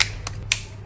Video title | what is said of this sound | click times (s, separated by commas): 진화한 기믹과 주의점! 초합금혼 GX-104 가오파이가, GAOFIGHGAR 勇者王 ガオファイガ,GaoGaiGar FINAL,超合金魂GX-104 ガオファイガ,가오가이가 피규어 | 딱 소리가 나면서 결합이 됩니다. | 0.0 s, 0.3 s, 0.5 s